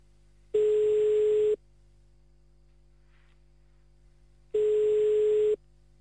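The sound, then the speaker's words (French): A telephone ringback tone, heard while placing a call to Jemeppe-sur-Meuse, sounds twice, each steady, buzzy, low-pitched burst lasting about a second, separated by a few seconds of near-silence with a faint line hum underneath. “Donc on y va, on appelle maintenant.”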